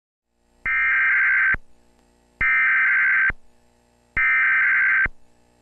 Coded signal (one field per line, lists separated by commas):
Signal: Emergency Alert System (SAME) tones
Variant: header bursts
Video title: (SSTEAS REUPLOAD) 10 Years on YouTube - 10 Unique and SCARY Required Weekly Tests